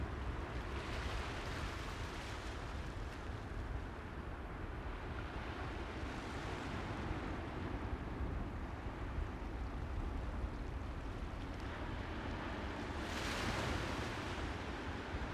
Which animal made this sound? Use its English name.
Arctic Fox